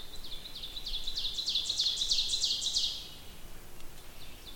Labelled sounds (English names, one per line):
Ovenbird song